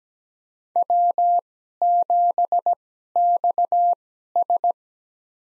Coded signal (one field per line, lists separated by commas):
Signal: Morse code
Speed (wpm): 17 wpm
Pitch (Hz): 700 Hz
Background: none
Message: W7XS